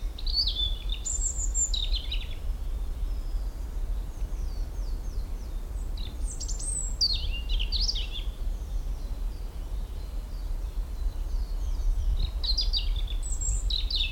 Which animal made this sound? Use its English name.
European Robin